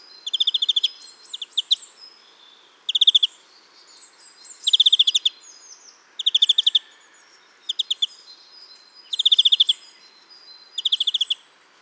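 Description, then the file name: European greenfinch calls in rapid trilled bursts of high clicking notes, repeated every second or two, with faint thin whistles between them. "Chloris chloris"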